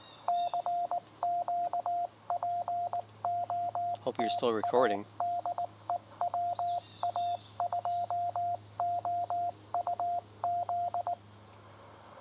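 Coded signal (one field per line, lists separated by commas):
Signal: Morse code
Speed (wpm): 18 wpm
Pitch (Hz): 700 Hz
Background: speech, radio noise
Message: CQ POTA DE WA2OUZ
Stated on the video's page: QRP Parks on the Air activation from Schoharie Crossing State Historic Site, upstate New York.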